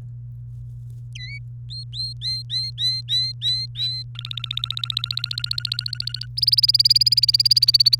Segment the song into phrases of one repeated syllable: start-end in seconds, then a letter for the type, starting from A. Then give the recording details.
1.15-1.39 A, 1.70-4.03 B, 4.15-6.26 C, 6.37-7.95 D. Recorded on 28 April 2018 at 18:09. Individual llb3